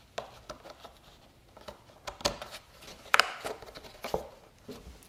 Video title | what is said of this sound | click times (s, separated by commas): Jeep Liberty Fender Flare Reattach - New Plastic Parts Hold the Fender Flare Firmly! | they just snap right in | 3.1 s